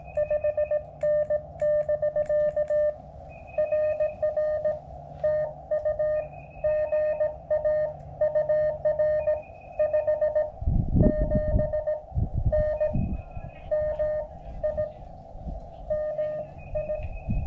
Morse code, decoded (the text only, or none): 5N <BK> RR TU GA UR 57N MI MI